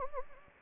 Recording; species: mosquito wingbeat signal from an infrared sensor; Anopheles gambiae